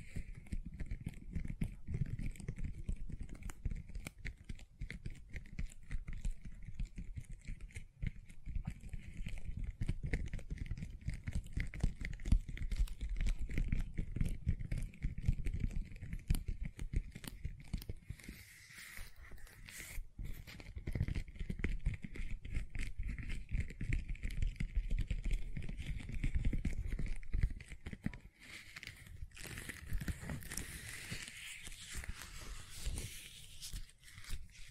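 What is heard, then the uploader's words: Gentle silicone sounds run throughout: a dense, steady layer of soft crackling and squishing over a low rumble, with a faint thin tone holding in the middle. Brief quieter dips come near 20 and 28 seconds, and a brighter rustling stretch follows around 30 seconds. ASMR Gentle Silicon Sounds for Sleep (No Talking).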